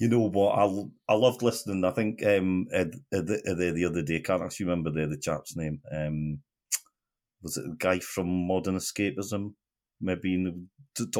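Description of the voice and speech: A low-pitched adult male voice speaks conversationally with a run of repeated "the" sounds, drawn-out nasal sounds and several pauses of up to a second. These disfluencies fit a mild adult stammer, present since childhood.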